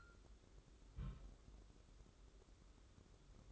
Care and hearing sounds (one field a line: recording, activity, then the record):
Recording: daily activity, microphone in the room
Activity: place on stove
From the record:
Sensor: 3